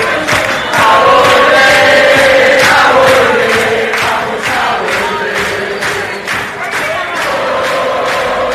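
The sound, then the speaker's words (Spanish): A large group of a radio show's fans shouts and chants together in a loud, sustained roar, with rhythmic pulses of cheering and clapping running through the crowd noise. “Sí, los que gritan son el grupo de fanáticos.”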